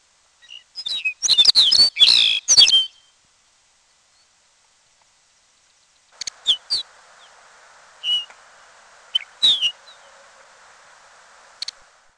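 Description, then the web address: Lapland longspur giving a burst of rapid chirps, then after a silent pause of about three seconds scattered sharp single notes over a background hiss. "Peterson North American Birds. lalo"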